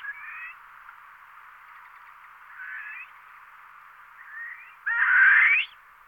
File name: Orebice berberska Alectoris barbara